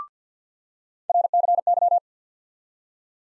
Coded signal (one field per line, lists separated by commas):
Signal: Morse code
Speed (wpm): 50 wpm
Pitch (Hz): 700 Hz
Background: none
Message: RCY